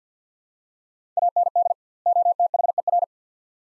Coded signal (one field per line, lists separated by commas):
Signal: Morse code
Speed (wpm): 50 wpm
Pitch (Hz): 700 Hz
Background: none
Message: AND OTHER